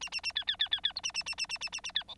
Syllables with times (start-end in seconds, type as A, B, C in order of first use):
0.01-0.10 A, 0.12-0.21 A, 0.23-0.32 A, 0.35-0.44 B, 0.47-0.56 B, 0.59-0.69 B, 0.71-0.81 B, 0.83-0.93 B, 0.95-1.01 C, 1.03-1.12 A, 1.14-1.23 A, 1.26-1.35 A, 1.38-1.47 A, 1.49-1.58 A, 1.61-1.69 A, 1.72-1.81 A, 1.83-1.92 A, 1.95-2.03 B, 2.08-2.15 D